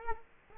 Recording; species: mosquito wingbeat signal from an infrared sensor; Culex quinquefasciatus